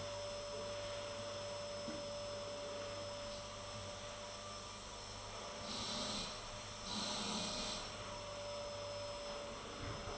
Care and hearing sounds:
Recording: daily activity, microphone in the room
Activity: vacuum cleaning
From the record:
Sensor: 4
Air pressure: 1008.5 hPa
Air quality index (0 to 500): 62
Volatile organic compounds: 1 ppm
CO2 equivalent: 598 ppm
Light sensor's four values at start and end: 13/31/12/12 and 13/31/12/12

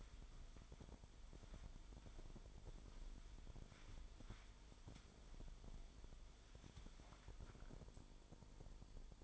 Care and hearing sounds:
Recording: daily activity, microphone in the room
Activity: wipe stove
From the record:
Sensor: 5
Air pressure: 1003.4 hPa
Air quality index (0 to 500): 145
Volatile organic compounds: 2 ppm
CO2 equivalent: 1053 ppm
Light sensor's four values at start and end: 34/72/33/39 and 33/73/33/39

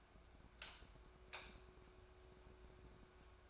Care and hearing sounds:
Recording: daily activity, microphone in the room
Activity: light off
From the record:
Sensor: 2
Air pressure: 1010.1 hPa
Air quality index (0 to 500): 159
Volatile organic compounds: 7 ppm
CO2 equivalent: 1992 ppm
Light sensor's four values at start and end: 43/109/48/53 and 39/93/42/47

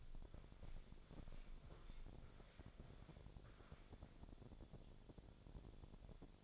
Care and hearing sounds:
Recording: daily activity, microphone in the room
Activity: walk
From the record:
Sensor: 5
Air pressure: 1000.6 hPa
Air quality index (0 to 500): 139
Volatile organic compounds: 2 ppm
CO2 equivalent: 1080 ppm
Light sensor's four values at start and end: 49/114/47/50 and 49/115/48/51

